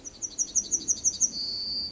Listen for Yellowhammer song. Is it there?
yes